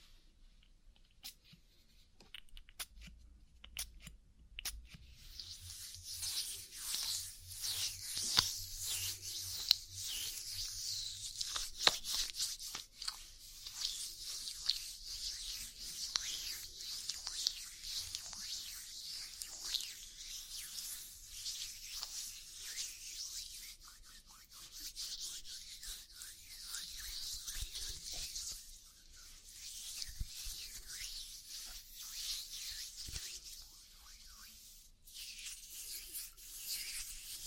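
An oil ear massage produces a dense, continuous hiss of rubbing and slick friction that sits high and bright. It starts quiet with a few sharp clicks, then from about five seconds swells into steady rubbing that pulses gently in loudness, with a low thump near ten seconds.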